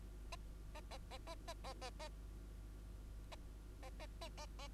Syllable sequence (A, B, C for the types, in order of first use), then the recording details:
A A A A A A A A A A A A A. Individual Bird2